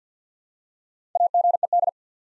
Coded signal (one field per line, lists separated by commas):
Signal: Morse code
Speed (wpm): 50 wpm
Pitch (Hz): 700 Hz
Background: none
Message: AGED